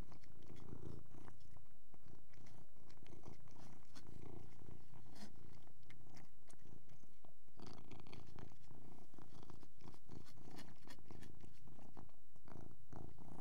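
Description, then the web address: Persian cat purring, a low continuous rumble under frequent wet clicks and chewing noises of eating. Persian cat purring while eating. "BBC Sound Effects Library. Persian Cat Eating And Purring"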